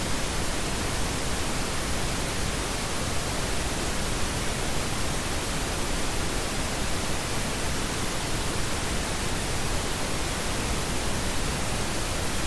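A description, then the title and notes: Soft pink noise hisses steadily and evenly throughout, a dense, unchanging wash with a slightly fuller low end and no distinct events. I would describe this softer version of pink noise as a gentle and soothing hiss. It typically lacks the sharpness or high-frequency emphasis found in white noise. Soft Pink Noise.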